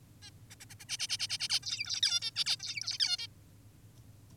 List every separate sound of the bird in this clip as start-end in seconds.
0.22-0.30, 0.50-0.56, 0.60-0.65, 0.70-0.75, 0.80-0.85, 0.89-0.98, 0.99-1.08, 1.09-1.18, 1.19-1.28, 1.29-1.38, 1.40-1.48, 1.50-1.60, 1.63-2.01, 2.03-2.20, 2.22-2.31, 2.36-2.44, 2.46-2.56, 2.60-2.98, 3.00-3.17, 3.19-3.28